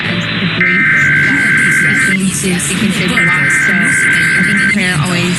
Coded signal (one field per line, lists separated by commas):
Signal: Emergency Alert System (SAME) tones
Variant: header bursts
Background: speech